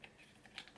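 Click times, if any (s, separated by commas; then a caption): none. A protective camera case, already screwed onto the camera's tripod socket, is folded over the camera to be clipped shut underneath. Short, sharp plastic ticks and light handling sounds come at about 0.0, 0.6 and 0.8 s, the last being the loudest. The case is not yet home, and nothing has seated or clicked yet.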